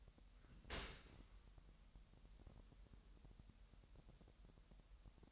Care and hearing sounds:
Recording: daily activity, microphone in the room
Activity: open dishwasher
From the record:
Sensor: 3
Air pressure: 998.2 hPa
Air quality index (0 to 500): 150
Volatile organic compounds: 5 ppm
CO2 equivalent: 1791 ppm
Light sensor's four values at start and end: 13/39/15/14 and 13/39/15/14

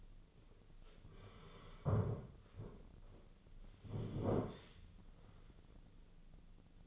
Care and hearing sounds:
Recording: daily activity, microphone in the room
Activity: sit down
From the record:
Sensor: 4

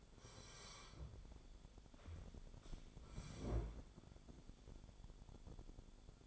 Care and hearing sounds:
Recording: daily activity, microphone in the room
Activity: sit down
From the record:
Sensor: 5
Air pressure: 1015.3 hPa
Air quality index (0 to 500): 192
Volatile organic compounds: 8 ppm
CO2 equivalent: 2081 ppm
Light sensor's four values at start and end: 35/80/32/31 and 35/80/32/31

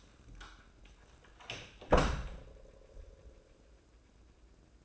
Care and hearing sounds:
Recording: daily activity, microphone in the room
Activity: close door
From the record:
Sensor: 2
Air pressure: 1012.2 hPa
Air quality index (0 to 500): 160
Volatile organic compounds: 2 ppm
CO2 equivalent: 1172 ppm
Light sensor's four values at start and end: 387/964/392/411 and 387/965/393/412

